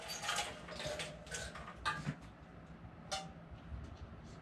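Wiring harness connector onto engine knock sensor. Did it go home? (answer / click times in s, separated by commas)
no / none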